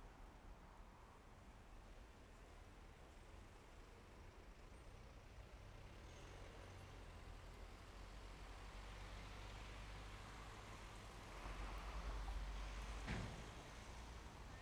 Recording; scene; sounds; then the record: everyday scene through a hearing-aid microphone; in traffic; traffic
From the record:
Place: main road on the outskirts, rush hour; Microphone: behind the ear, left, rear